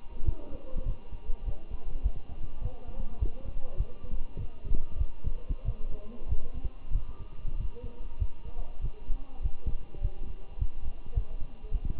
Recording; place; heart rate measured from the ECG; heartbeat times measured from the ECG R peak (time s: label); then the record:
heart sounds by stethoscope; between the tricuspid and mitral areas; 99 bpm
0.26 s: heartbeat
0.86 s: heartbeat
1.46 s: heartbeat
2.04 s: heartbeat
2.62 s: heartbeat
3.20 s: heartbeat
3.78 s: heartbeat
4.39 s: heartbeat
4.99 s: heartbeat
5.65 s: heartbeat
6.29 s: heartbeat
6.93 s: heartbeat
7.58 s: heartbeat
8.20 s: heartbeat
8.82 s: heartbeat
9.43 s: heartbeat
10.02 s: heartbeat
10.59 s: heartbeat
11.15 s: heartbeat
11.72 s: heartbeat
From the record:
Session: walking at 3.7 km/h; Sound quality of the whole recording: good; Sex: male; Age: 23 years